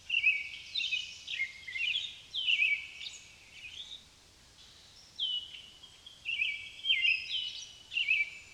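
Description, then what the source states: Common blackbird song: repeated warbled phrases in steady bursts, one short lull midway, then a further series of bright twittering phrases. Blackbirds, plural, at Amos Pond in the countryside.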